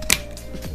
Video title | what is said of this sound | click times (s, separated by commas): How to Install a New Shift Knob!!! Audi TT Mk2 8j DSG!!! | You heard it click, so now as you can see it doesn't want to come off, and that is basically how it locked on there. | 0.1 s